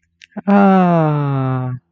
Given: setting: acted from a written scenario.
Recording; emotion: vocal sound without words; adoration